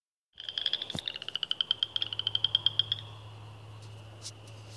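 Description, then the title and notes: Cajun chorus frog giving a rapid pulsed trill of many clicks over about two and a half seconds, over a low steady hum. "Cajun Chorus Frogs by Christie Mullen"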